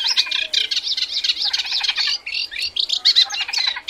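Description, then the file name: Eurasian reed warbler singing a dense, rhythmic run of grating churrs and chirps without pause. "reedwarbler"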